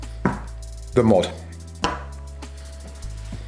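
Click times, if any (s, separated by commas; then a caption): 0.2 s. A plastic refillable e-liquid pod for a Geekvape Aegis pod device, which fits either way round, is pushed back into the vape mod body and clicks into place with a sharp, short hit at 0.3 s, seating it. Someone talks around it, and a few more sharp knocks follow.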